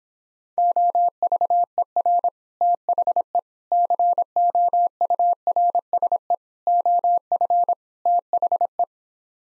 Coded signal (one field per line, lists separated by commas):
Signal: Morse code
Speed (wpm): 26 wpm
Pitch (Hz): 700 Hz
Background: none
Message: OVER THE COURSE OF THE